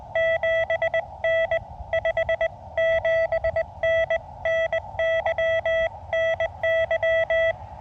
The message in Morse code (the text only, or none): 7N 57N NY NY